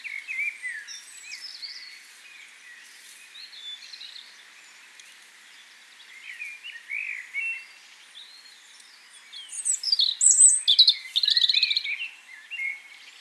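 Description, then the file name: European robin song, varied high warbling phrases with thin whistles and trills, a quiet stretch then a louder burst of sharp notes near the end. "Erithacus rubecula"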